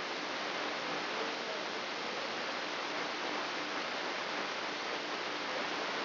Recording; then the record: brain microelectrode recording played as sound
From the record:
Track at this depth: outside the subthalamic nucleus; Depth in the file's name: 8.304 mm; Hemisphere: left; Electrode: 3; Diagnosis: Parkinson's disease